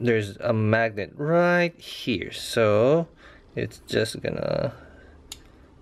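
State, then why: Seated. Someone talks while a part of a plastic S.C.M. Gundam Dynames action figure, fitted with added magnets, is brought to its mounting point on the figure's body. The magnets pull it home with a sharp, short snap at 5.3 s, and the part is seated in place.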